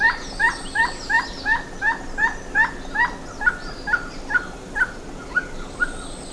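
Bird calling in a regular train of hoarse notes, about three per second, gradually growing fainter and more widely spaced.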